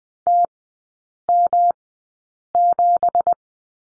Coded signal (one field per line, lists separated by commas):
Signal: Morse code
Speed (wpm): 20 wpm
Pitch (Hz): 700 Hz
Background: none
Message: TM7